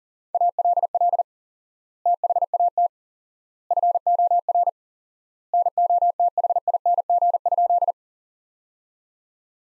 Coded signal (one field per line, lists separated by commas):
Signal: Morse code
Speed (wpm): 40 wpm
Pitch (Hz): 700 Hz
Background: none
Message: ALL THAT FOR NOTHING?